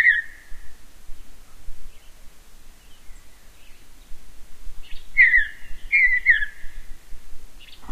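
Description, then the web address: Mountain bluebird song: short, soft warbled phrases near one pitch, one at the start and several after five seconds, with quiet low rumble beneath. "Songs of Birds of North America Know Your Bird Sounds Common Western Species. Mountain Bluebird"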